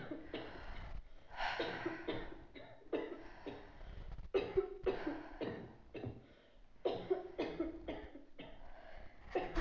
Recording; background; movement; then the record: deep breathing; a bystander coughing; sitting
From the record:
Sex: female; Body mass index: 22.6 kg/m2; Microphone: on the chest, facing outward